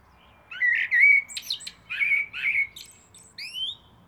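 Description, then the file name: Eurasian blackbird delivering a mellow, warbling fluted phrase, then a few thin, high rising squeaks. "Turdus merula"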